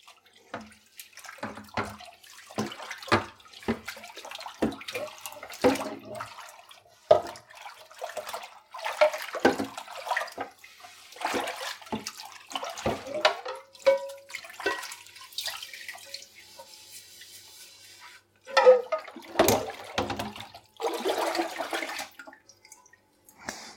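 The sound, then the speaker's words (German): Running water splashes over a pan being scrubbed, with irregular clatters and scraping bursts, a brief pause, then more rinsing and knocking of metal under the flow. “Und als allerletztes die Pfanne.”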